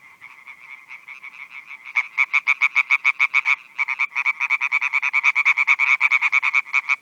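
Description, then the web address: European tree frog calling, a quiet start then loud rapid harsh croaks in quick runs, with a short pause midway. "Viltansou Rainettes. la rainette verte"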